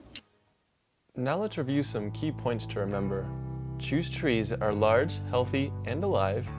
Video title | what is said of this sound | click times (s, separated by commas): How to Setup a Slackline - Slackline Tips - Slackline Industries | Still holding the arm and release handle, push them both all the way until you feel and hear a loud snap. | 0.2 s